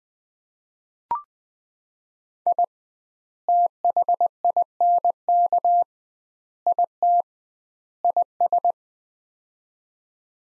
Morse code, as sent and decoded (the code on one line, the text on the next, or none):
.. / - .... .. -. -.- / .. - / .. ...
I THINK IT IS